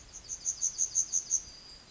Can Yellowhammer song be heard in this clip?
yes